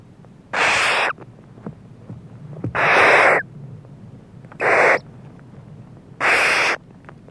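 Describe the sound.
Barn owl giving four long, harsh, hissing screeches, each about half a second, spaced one to two seconds apart over a quiet background.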